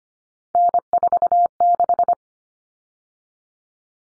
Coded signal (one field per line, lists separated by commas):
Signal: Morse code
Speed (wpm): 25 wpm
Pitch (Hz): 700 Hz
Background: none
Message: N46